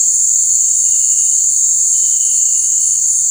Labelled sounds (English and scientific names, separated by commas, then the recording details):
none
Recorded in dense forest near Puerto Asís, Putumayo, Colombia, on 13 March 2025 at 18:00
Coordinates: 0.485, -76.318
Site G056